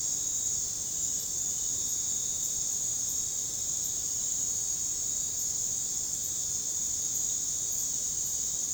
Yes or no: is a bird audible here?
no